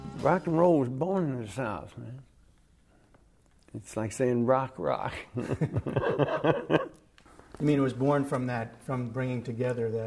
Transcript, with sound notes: Rock 'n roll was born in the South, man. It's like saying rock-rock.
(LAUGHTER) You mean, it was born from that—from bringing together that...